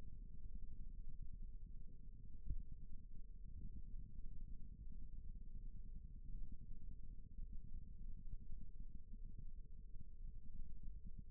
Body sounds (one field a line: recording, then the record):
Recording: forearm muscle sounds (acoustic myography)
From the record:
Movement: rest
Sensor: system 1, eight BSWA MPA416 microphones around the upper forearm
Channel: 3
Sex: male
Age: 28 years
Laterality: right